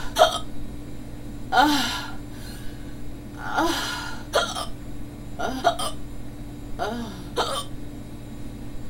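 An adult hiccuping repeatedly at an irregular pace, each hiccup a short, sharp catch of breath.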